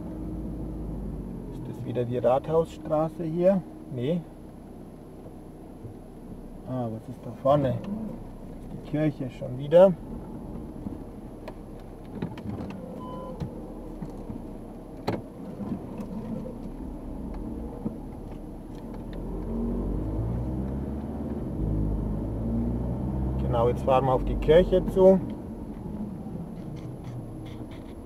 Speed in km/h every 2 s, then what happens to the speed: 16, 3, 1, 0, 4, 4, 0, 0, 5, 7, 17, 25, 25, 11.
0-4 brakes to 1. 4-15 standing. 15-22 pulls away to 25. 24-28 brakes to 11.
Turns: none.